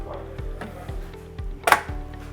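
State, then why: Seated. A plastic exhalation valve body is pushed into the housing of an MEK ICS MV2000 Evo 5 mechanical ventilator. Over a steady background hum with faint knocks, it clicks home with a sharp, loud double hit at 1.7 s and 1.7 s. The retaining latch has locked and the valve body is seated.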